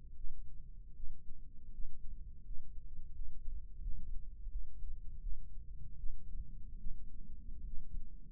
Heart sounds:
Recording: heart sounds by microphone in the left ear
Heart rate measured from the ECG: 80 bpm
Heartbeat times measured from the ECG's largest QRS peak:
0.16 s: heartbeat
0.96 s: heartbeat
1.72 s: heartbeat
2.45 s: heartbeat
3.14 s: heartbeat
3.82 s: heartbeat
4.50 s: heartbeat
5.22 s: heartbeat
5.98 s: heartbeat
6.79 s: heartbeat
7.66 s: heartbeat
From the record:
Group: healthy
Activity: rest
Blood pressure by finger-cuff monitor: 146/67 mmHg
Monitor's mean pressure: 89 mmHg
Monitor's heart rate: 79 bpm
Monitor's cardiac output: 7.4 L/min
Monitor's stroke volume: 94 mL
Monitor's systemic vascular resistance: 860 dyn s/cm5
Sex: female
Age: 37 years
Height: 168 cm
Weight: 70 kg

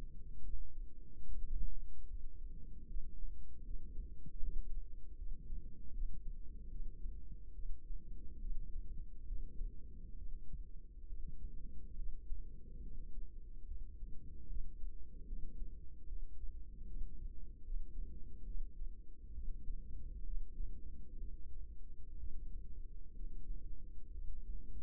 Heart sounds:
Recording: heart sounds by microphone in the right ear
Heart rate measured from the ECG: 71 bpm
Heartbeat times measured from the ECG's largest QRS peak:
0.43 s: heartbeat
1.26 s: heartbeat
2.08 s: heartbeat
2.88 s: heartbeat
3.64 s: heartbeat
4.41 s: heartbeat
5.16 s: heartbeat
5.92 s: heartbeat
6.69 s: heartbeat
7.53 s: heartbeat
8.39 s: heartbeat
9.26 s: heartbeat
10.16 s: heartbeat
11.07 s: heartbeat
11.96 s: heartbeat
12.81 s: heartbeat
13.65 s: heartbeat
14.47 s: heartbeat
15.26 s: heartbeat
16.06 s: heartbeat
16.85 s: heartbeat
17.63 s: heartbeat
18.44 s: heartbeat
19.32 s: heartbeat
20.24 s: heartbeat
21.18 s: heartbeat
22.17 s: heartbeat
23.14 s: heartbeat
24.11 s: heartbeat
From the record:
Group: healthy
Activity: rest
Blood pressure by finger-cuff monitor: 100/70 mmHg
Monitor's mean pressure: 81 mmHg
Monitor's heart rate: 71 bpm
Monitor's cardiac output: 5.2 L/min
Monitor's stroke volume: 74 mL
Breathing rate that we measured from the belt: 21 breaths a minute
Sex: female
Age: 32 years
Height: 172 cm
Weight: 71.7 kg

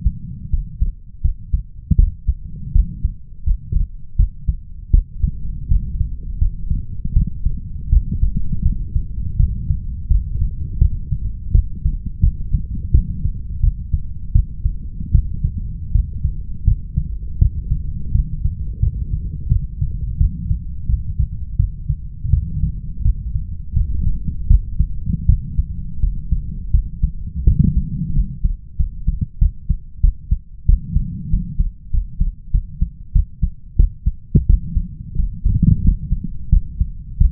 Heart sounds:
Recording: heart sounds by stethoscope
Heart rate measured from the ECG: 85 bpm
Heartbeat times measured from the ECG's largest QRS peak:
0.50 s: heartbeat
1.21 s: heartbeat
1.95 s: heartbeat
2.72 s: heartbeat
3.43 s: heartbeat
4.16 s: heartbeat
4.90 s: heartbeat
5.68 s: heartbeat
6.38 s: heartbeat
7.13 s: heartbeat
7.89 s: heartbeat
8.62 s: heartbeat
9.36 s: heartbeat
10.07 s: heartbeat
10.78 s: heartbeat
11.51 s: heartbeat
12.20 s: heartbeat
12.91 s: heartbeat
13.60 s: heartbeat
14.32 s: heartbeat
15.11 s: heartbeat
15.92 s: heartbeat
16.64 s: heartbeat
17.38 s: heartbeat
18.12 s: heartbeat
18.80 s: heartbeat
19.48 s: heartbeat
20.17 s: heartbeat
20.86 s: heartbeat
21.56 s: heartbeat
22.30 s: heartbeat
23.02 s: heartbeat
23.73 s: heartbeat
24.47 s: heartbeat
25.26 s: heartbeat
26.00 s: heartbeat
26.71 s: heartbeat
27.44 s: heartbeat
28.13 s: heartbeat
28.76 s: heartbeat
29.38 s: heartbeat
30.00 s: heartbeat
30.65 s: heartbeat
31.29 s: heartbeat
31.90 s: heartbeat
32.51 s: heartbeat
33.12 s: heartbeat
33.76 s: heartbeat
34.46 s: heartbeat
35.15 s: heartbeat
35.81 s: heartbeat
36.49 s: heartbeat
37.17 s: heartbeat
From the record:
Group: healthy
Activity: rest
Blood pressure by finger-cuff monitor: 116/90 mmHg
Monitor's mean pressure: 104 mmHg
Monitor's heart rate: 82 bpm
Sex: male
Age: 21 years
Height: 180 cm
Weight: 67.5 kg

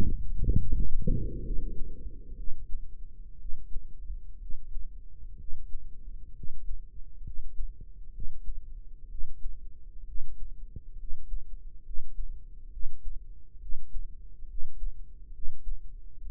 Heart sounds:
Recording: heart sounds by microphone in the right ear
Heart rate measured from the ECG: 65 bpm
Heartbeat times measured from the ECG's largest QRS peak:
0.57 s: heartbeat
1.44 s: heartbeat
2.37 s: heartbeat
3.39 s: heartbeat
4.39 s: heartbeat
5.38 s: heartbeat
6.34 s: heartbeat
7.24 s: heartbeat
8.12 s: heartbeat
9.09 s: heartbeat
10.05 s: heartbeat
10.97 s: heartbeat
11.83 s: heartbeat
12.70 s: heartbeat
13.59 s: heartbeat
14.47 s: heartbeat
15.32 s: heartbeat
16.20 s: heartbeat
From the record:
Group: healthy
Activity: rest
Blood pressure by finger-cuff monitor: 107/68 mmHg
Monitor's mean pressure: 78 mmHg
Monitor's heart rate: 65 bpm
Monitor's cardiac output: 5.3 L/min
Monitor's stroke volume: 82 mL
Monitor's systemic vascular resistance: 1160 dyn s/cm5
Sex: male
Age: 21 years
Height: 170 cm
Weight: 71 kg

